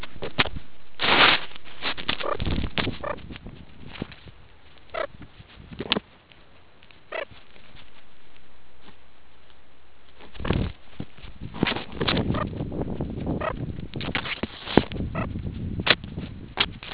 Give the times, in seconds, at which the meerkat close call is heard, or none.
2.21-2.38, 3.02-3.15, 4.93-5.08, 7.10-7.27, 12.31-12.45, 13.39-13.53, 15.13-15.27